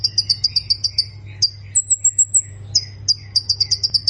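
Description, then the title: Plain prinia delivering fast repeated chip notes, a short thin high-pitched whistled trill midway, then chips resume; a low continuous hum beneath. "Ciblek Sawah"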